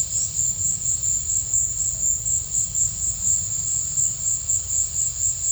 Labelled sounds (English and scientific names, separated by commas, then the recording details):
none
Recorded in secondary vegetation near Puerto Asís, Putumayo, Colombia, on 28 February 2025 at 16:30
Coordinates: 0.498, -76.327
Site G001